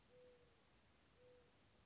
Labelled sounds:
Mourning Dove
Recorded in Sonoma County, California

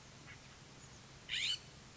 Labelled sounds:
California Scrub-Jay
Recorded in Sonoma County, California

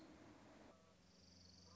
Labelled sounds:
Orange-crowned Warbler
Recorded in Sonoma County, California

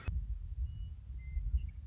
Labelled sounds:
Western Meadowlark
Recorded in Sonoma County, California

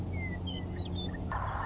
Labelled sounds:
Western Meadowlark
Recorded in Sonoma County, California

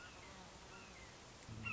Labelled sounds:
Red-shouldered Hawk
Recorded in Sonoma County, California

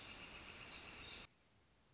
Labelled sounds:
Northern Flicker
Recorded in Sonoma County, California

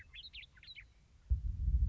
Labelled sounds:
Western Meadowlark
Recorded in Sonoma County, California

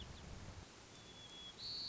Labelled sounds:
White-crowned Sparrow
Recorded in Sonoma County, California

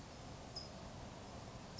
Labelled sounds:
California Towhee
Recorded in Sonoma County, California

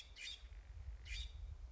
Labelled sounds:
California Scrub-Jay
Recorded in Sonoma County, California

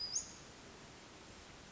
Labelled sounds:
Western Flycatcher
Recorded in Sonoma County, California

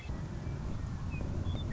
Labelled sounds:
Western Meadowlark
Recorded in Sonoma County, California

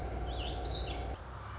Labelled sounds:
Lazuli Bunting
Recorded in Sonoma County, California

